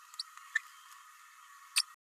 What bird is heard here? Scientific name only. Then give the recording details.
Forpus passerinus. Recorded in a nest box in Venezuela. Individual 18B104A3